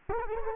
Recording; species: mosquito wingbeat signal from an infrared sensor; Culex quinquefasciatus